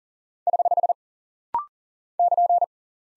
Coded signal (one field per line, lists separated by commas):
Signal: Morse code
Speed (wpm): 40 wpm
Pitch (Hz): 700 Hz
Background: none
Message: <HH> <KN>